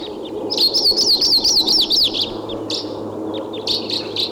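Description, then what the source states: Red Crossbill calls: a rapid, warbling run of high wavering notes for over a second, then a few scattered sharp chips, over a low hum. Type 2 call type, wild bird, calling, probably from a tree right above a truck; recorded on a tape recorder.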